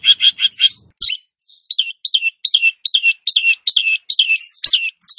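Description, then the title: Long-tailed shrike song that opens with a few rough notes, then runs into a rapid string of short downslurred whistles. Singing vigorously, described as gacor. "Cendet Gacor"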